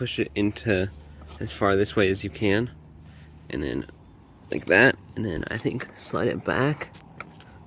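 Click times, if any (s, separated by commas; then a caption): none. Someone talks while pushing the front running light and turn-signal housing of a 1989 third-generation Honda Prelude S as far as it will go and sliding it back toward its mounting hole in the body. Two short, sharp knocks are heard near the end, around 7.2 and 7.4 seconds, as the housing is handled. Nothing has seated or clicked into place yet.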